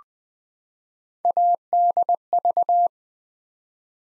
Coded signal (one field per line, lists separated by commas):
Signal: Morse code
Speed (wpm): 20 wpm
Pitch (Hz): 700 Hz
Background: none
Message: ADV